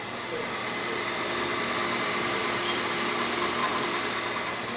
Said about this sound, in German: Ja, 52 Kassetten werden jetzt hier überspielt. Jetzt hören wir schon das Geräusch.